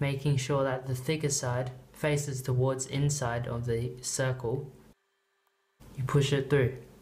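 A plastic mounting peg is being pushed through its hole in a CPU cooler mounting bracket while someone talks throughout, with a brief silent gap from about 4.9 to 5.8 seconds. Nothing has seated or clicked yet.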